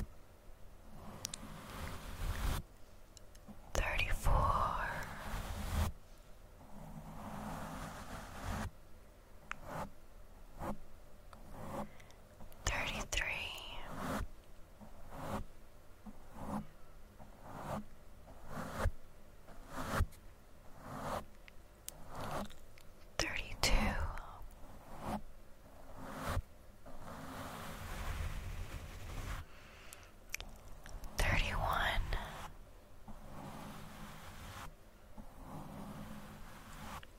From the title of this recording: Mic Brushing